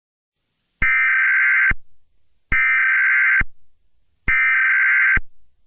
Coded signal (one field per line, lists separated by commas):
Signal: Emergency Alert System (SAME) tones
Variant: header bursts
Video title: if @ndv463gaming's april fools day video had an eas